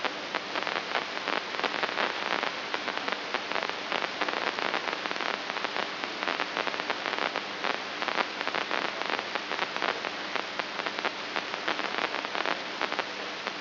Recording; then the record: brain microelectrode recording played as sound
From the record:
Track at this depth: inside the subthalamic nucleus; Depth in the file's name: 5.312 mm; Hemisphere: right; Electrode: 2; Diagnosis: Parkinson's disease